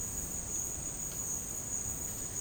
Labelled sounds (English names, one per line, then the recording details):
none
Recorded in dense forest near Puerto Asís, Putumayo, Colombia, on 29 June 2025 at 11:30
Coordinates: 0.486, -76.317
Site G065